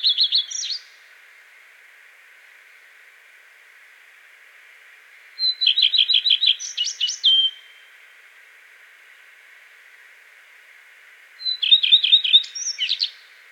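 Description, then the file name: Common redstart song: three short phrases about six seconds apart, each a quick run of repeated notes then a scratchy jumbled ending, over a steady hiss. "Phoenicurus phoenicurus"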